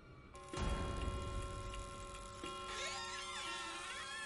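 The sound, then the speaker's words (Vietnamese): A clock ticks steadily at midnight beneath an eerie, swelling drone with sustained tones, and wavering high-pitched warbles rise in over the later part. “Lúc này kim đồng hồ vừa chỉ đúng 12 giờ đêm.”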